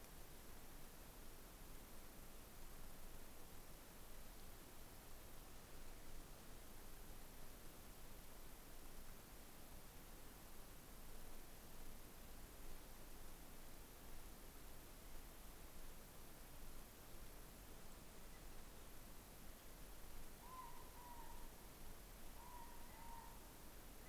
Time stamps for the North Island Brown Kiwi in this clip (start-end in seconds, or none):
none